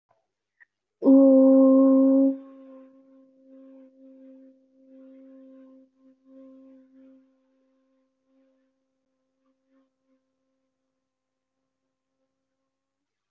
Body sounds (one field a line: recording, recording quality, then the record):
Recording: sustained vowel as in boot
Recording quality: excellent, no background noise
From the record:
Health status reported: recovered from COVID-19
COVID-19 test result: positive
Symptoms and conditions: cough, cold, fever, fatigue, muscle pain, loss of smell and taste, diarrhoea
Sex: female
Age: 23 years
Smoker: not ticked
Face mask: not worn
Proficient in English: yes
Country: India